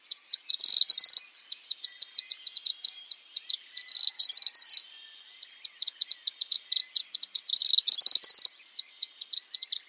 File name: Tropical Kingbird